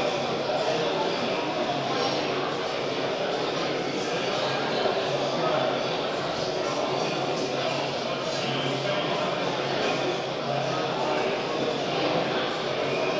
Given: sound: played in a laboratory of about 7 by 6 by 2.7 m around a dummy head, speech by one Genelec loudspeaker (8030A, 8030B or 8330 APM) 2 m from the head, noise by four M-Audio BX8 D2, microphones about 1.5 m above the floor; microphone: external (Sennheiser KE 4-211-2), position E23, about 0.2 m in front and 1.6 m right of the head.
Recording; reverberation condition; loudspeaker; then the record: cafeteria noise; high; four, about 170 cm from the corners of the room and facing them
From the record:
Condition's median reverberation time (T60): about 1300 ms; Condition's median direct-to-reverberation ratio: about -4.0 dB